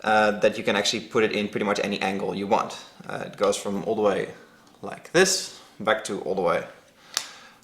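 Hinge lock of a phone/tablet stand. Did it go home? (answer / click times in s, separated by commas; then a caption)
yes / 7.2 s. Someone talks while swinging the hinged arm of an Anker Multi Angle metal phone/tablet stand all the way to its end angle. A single sharp tick is heard at 7.2 s as the hinge locks at that end angle; the arm locks in place with a button.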